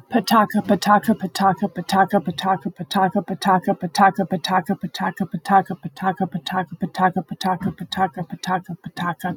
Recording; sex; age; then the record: repeated syllables /pa ta ka/; female; 30 to 39 years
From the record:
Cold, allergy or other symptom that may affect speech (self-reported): no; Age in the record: 39 years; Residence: Montana, United States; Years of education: 16